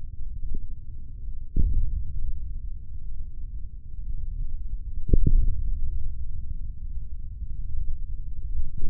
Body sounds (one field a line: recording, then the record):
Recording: forearm muscle sounds (acoustic myography)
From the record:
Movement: hand opening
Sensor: system 3, bracelet of six PUI Audio POM-2738L microphones around the upper forearm, with dedicated amplification and filtering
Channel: 1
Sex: male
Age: 43 years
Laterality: right